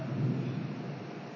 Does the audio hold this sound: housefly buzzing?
no